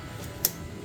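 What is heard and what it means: The centre pin of a plastic push-type retaining clip in the front grille panel of a Toyota Hilux Conquest is pressed down until it clicks, releasing the clip so it can be popped off. A single sharp click at 0.5 s stands out against a low background hum.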